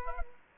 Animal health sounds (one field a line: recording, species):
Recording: mosquito wingbeat signal from an infrared sensor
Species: Culex quinquefasciatus